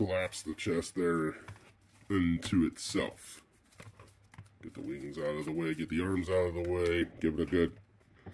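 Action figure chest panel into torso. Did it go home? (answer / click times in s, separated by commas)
no / none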